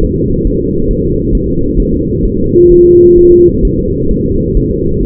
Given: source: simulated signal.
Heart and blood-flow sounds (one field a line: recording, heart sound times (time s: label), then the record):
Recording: fetal heart sounds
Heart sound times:
0.04 s: S1
0.18 s: S2
0.47 s: S1
0.61 s: S2
0.91 s: S1
1.05 s: S2
1.35 s: S1
1.49 s: S2
1.80 s: S1
1.94 s: S2
2.25 s: S1
2.39 s: S2
2.72 s: S1
2.86 s: S2
3.18 s: S1
3.32 s: S2
3.65 s: S1
3.79 s: S2
4.11 s: S1
4.25 s: S2
4.57 s: S1
4.71 s: S2
5.03 s: S1
From the record:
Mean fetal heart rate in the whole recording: 135 bpm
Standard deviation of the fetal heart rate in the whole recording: 3 bpm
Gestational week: 36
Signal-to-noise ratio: -15.3 dB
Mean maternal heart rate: 72 bpm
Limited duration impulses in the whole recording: present